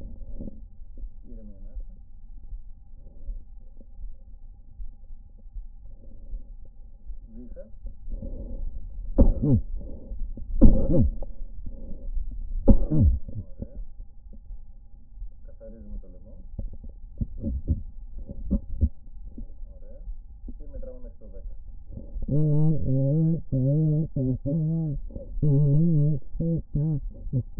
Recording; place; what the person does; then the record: lung sounds by stethoscope; right anterior apical chest; quiet breathing, then cough and speech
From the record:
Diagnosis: COPD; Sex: female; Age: 80 years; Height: 160 cm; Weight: 62 kg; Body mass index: 24.2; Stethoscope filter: diaphragm mode